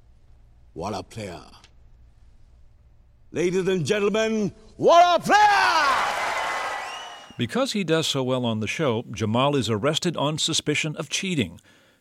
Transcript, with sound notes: What a player. Ladies and gentlemen, what a player!
(Soundbite of crowd cheering)
Because he does so well on the show, Jamal is arrested on suspicion of cheating.